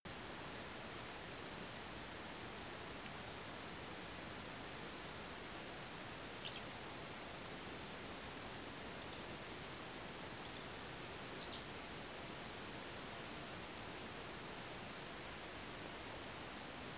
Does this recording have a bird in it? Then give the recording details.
yes. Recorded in France